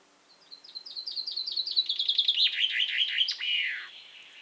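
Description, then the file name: Chaffinch singing a descending series of quick repeated notes, finishing with a downward-sweeping flourish. "Fringilla coelebs"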